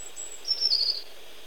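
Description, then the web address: Tit call: a short burst of high, thin, rapidly repeated notes that drop slightly in pitch, with quiet hiss before and after. Recorded in Portugal. "Aves de Portugal Sons Chapim"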